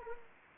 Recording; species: mosquito wingbeat signal from an infrared sensor; Anopheles gambiae